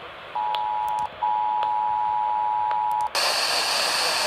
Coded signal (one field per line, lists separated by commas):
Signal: Emergency Alert System (SAME) tones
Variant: 853 and 960 Hz attention tone